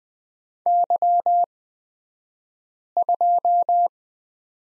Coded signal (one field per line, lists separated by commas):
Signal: Morse code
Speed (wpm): 20 wpm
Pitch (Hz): 700 Hz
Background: none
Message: Y2